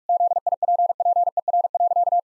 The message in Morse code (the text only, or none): ZIPPER.